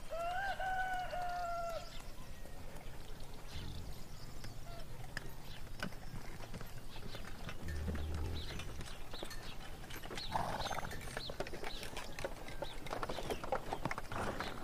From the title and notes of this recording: Peaceful fantasy town in the morning. Birds singing, people in the town doing their work, horse carts and farm animals.